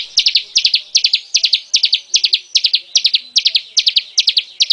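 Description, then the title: Bar-winged prinia giving fast, steady runs of high, bright chirps in clusters of three or four, repeated two or three times a second without a break. "Suara Burung Ciblek"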